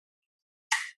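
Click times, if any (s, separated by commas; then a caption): 0.7 s. A rifle's upper receiver is put back onto the lower receiver and its rapid-action cam lever is rotated closed, locking in place. After near silence, a single sharp clunk hits at 0.7 s and rings briefly before fading by about 0.95 s, with no talk. The cam lever is seated and locked.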